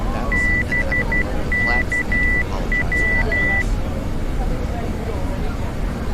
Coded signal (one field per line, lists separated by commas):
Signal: Morse code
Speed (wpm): 12 wpm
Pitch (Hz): 2000 Hz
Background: speech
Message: BKW